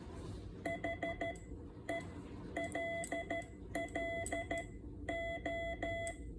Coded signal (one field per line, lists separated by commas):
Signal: Morse code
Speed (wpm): 13 wpm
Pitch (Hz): 670 Hz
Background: none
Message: HELLO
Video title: Dougs K3NG Keyer